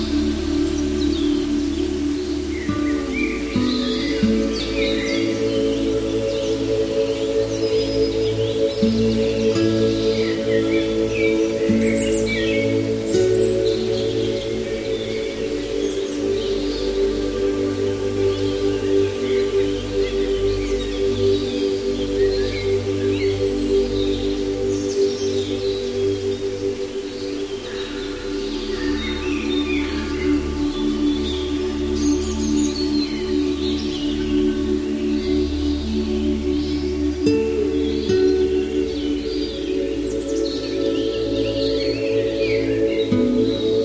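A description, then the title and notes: Ambient music with long sustained tones holds steady throughout, low drones and ringing bowl-like notes layered in the middle range. Soft bird chirps flicker high above, scattered every few seconds, with a faint airy breeze underneath. Relax in a tranquil forest, where a soft breeze blows, birds chirp, and ambient music guides you into a state of deep calm.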